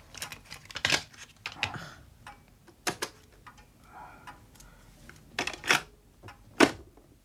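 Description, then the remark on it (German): A cassette is pushed into a tape player: a series of sharp plastic clicks and clunks at irregular intervals, with soft rattling and handling noise in between and no voices. “Bitte Kassette einlegen.”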